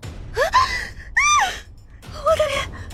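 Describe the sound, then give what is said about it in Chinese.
A young woman screams in pain, clutching her face after a small pink parasol grazes her cheek, in three loud, shrill bursts, each pitch arching up and falling away, separated by short gasping pauses, with no talking. “年轻女人惊骇地向一侧让开，可动作还是慢了半拍，粉色小阳伞从她的脸颊上擦过，她感觉到脸上火辣辣的痛，捂着脸尖叫起来。”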